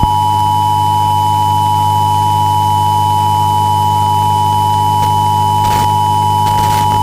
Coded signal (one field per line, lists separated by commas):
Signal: Emergency Alert System (SAME) tones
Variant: 853 and 960 Hz attention tone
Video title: EAS MOCK #1: Child Abduction Emergency for West Virginia